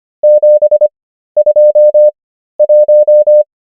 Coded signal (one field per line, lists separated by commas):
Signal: Morse code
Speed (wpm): 25 wpm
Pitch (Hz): 600 Hz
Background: none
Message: 721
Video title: morse code practice | 25wpm | 13fw | numbers | ENGLISH